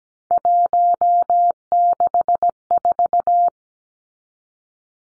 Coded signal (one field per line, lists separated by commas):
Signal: Morse code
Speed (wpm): 17 wpm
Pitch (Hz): 700 Hz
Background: none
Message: 164